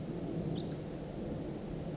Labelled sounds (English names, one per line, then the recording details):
Pacific Wren
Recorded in Sonoma County, California